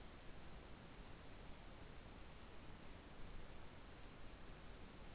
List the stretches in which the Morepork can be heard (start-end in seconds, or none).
none